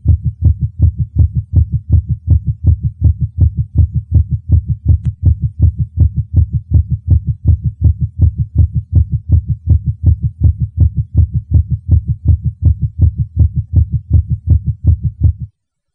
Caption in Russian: Пароксизмальная тахикардия аускультативно проявляется большой частотой сердечных сокращений, обычно более 150 ударов в минуту, при сохранении правильного ритма. Громкость тонов обычно повышена, однако различить первый и второй тоны бывает крайне сложно. Запись, сделанную у больного ишемической болезнью сердца в момент пароксизма наджелудочковой тахикардии.